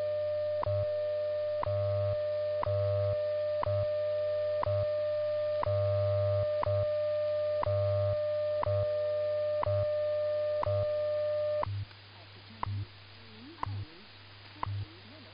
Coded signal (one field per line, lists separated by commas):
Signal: radio time signal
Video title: 20 minutes of WWV and WWVH on 10MHz